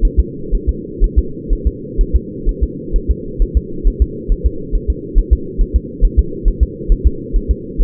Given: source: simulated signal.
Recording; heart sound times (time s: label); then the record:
fetal heart sounds
0.05 s: S1
0.19 s: S2
0.55 s: S1
0.69 s: S2
1.04 s: S1
1.19 s: S2
1.53 s: S1
1.67 s: S2
2.01 s: S1
2.16 s: S2
2.49 s: S1
2.63 s: S2
2.96 s: S1
3.11 s: S2
3.42 s: S1
3.57 s: S2
3.88 s: S1
4.02 s: S2
4.32 s: S1
4.47 s: S2
4.75 s: S1
4.90 s: S2
5.18 s: S1
5.33 s: S2
5.61 s: S1
5.76 s: S2
6.05 s: S1
6.19 s: S2
6.48 s: S1
6.63 s: S2
6.92 s: S1
7.07 s: S2
7.36 s: S1
7.51 s: S2
7.81 s: S1
From the record:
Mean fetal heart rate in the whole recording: 130 bpm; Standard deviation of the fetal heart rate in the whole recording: 4 bpm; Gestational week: 38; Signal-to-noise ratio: -4.3 dB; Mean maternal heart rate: 72 bpm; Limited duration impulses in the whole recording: absent